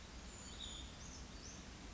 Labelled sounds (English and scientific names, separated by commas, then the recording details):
Brown Creeper (Certhia americana)
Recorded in Sonoma County, California